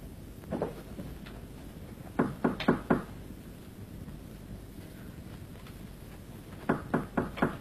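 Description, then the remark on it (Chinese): Knocking on a door in a Chinese opera (xiqu) performance, as a brother knocks at his sister's door: one knock, then a quick run of four, a long pause, and three more sharp raps, all over a steady background hiss with no voices. “妹妹，开门呢？”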